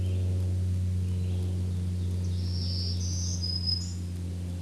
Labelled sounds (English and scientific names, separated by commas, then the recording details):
Black-throated Green Warbler (Setophaga virens) song
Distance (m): 20 m
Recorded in a Pennsylvania forest on 1 June 2023 at 09:00
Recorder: AudioMoth, point grid3_17_high
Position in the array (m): 215 m, 168 m